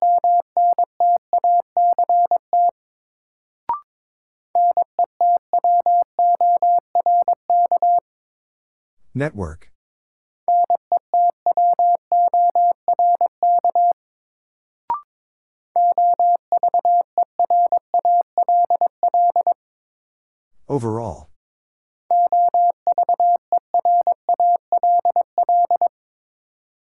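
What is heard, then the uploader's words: Morse code beeps in a steady mid-pitched tone, sent in rapid bursts of dots and dashes lasting a few seconds each. Between groups come short pauses, single clicks near 4 and 15 seconds, and two brief swooping sweeps around 9 and 21 seconds. First, the word is sent in Morse code. 22wpm.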